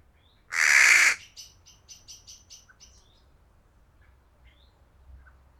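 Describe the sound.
Crow with one loud, hoarse caw near the start, followed by a quick series of faint, thin ticking notes and a few soft chirps.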